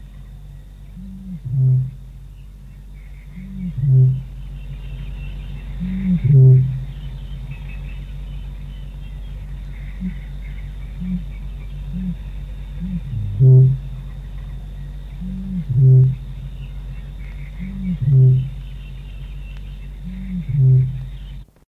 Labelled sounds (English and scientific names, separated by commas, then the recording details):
Great Bittern (Botaurus stellaris) call
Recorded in the wild
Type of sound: call
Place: Camargue, FR
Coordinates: 43.5239, 4.64528
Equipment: Halbspur, 9,5 cm/s
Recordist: Lütgens, Hans
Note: Rufe